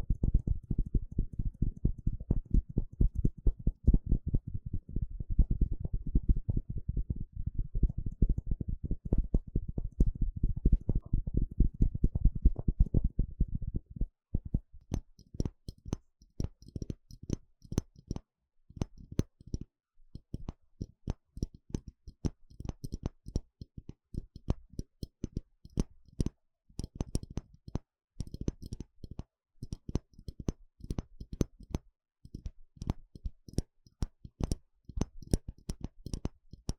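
Eardrum scratching and tapping, beginning as a dense, muffled flurry of low thumps and rubbing for about fourteen seconds. Then it shifts to sparser, sharper clicks and taps at an uneven pace, brighter in tone, with short pauses between bursts.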